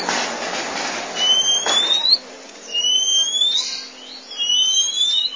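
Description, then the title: Oriental magpie-robin delivering three long, pure whistles that climb gently in pitch, evenly spaced over a steady background hiss. Song (kicauan). "Suara Kicauan Burung Kacer"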